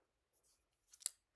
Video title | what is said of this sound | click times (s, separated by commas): Non Lethal Self Defense- Meet & Help Me Name My Byrna :) NOT SPONSORED | Slides right back in, clicks into place, this pops back out. | 1.1 s